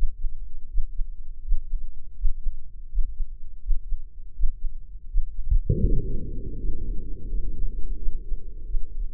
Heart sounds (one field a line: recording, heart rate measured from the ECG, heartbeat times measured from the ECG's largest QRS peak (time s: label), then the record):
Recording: heart sounds by microphone in the left ear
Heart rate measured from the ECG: 83 bpm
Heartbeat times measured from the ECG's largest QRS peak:
0.67 s: heartbeat
1.41 s: heartbeat
2.14 s: heartbeat
2.88 s: heartbeat
3.60 s: heartbeat
4.33 s: heartbeat
5.07 s: heartbeat
5.82 s: heartbeat
6.58 s: heartbeat
7.29 s: heartbeat
7.97 s: heartbeat
8.66 s: heartbeat
From the record:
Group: healthy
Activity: Valsalva maneuver 0-8 s, rest 8-9 s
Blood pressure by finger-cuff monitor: 125/83 mmHg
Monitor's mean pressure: 94 mmHg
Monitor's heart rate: 81 bpm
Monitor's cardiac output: 6.9 L/min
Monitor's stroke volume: 87 mL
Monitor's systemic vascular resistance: 980 dyn s/cm5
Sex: male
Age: 57 years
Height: 188 cm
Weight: 106 kg